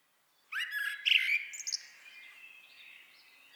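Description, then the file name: Common blackbird call: one sudden loud harsh chattering burst with a few scratchy notes, fading into soft quiet background. "Turdus merula"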